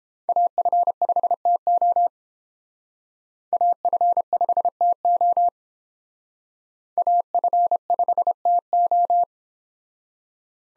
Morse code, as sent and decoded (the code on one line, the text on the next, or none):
.- ..-. ..... - --- / .- ..-. ..... - --- / .- ..-. ..... - ---
AF5TO AF5TO AF5TO